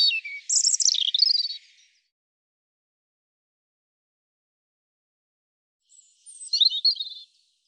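European robin delivering two separate high, warbling song phrases of liquid notes and fast trills, about four seconds apart, with silence between.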